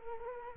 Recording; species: mosquito wingbeat signal from an infrared sensor; Culex quinquefasciatus